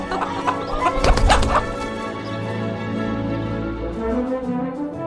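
A hen clucks in a short, busy cluster of calls around the first second and a half, then quieter clucks trail off over a steady tonal background hum.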